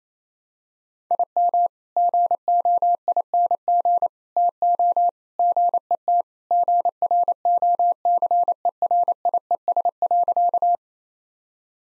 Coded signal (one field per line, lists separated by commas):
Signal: Morse code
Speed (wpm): 28 wpm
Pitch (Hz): 700 Hz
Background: none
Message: IM GOING TO GET GROCERIES.